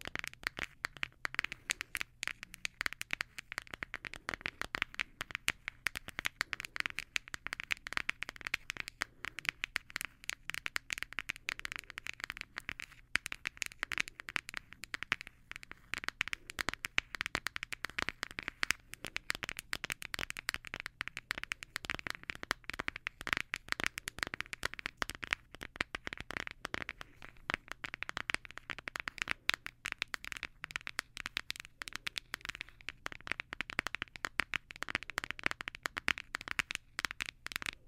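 Dense, rapid tapping runs the whole way through, a steady stream of sharp little clicks with a crisp, bright edge and no real pauses. Beneath the clicks sits a faint, even low hum that never changes.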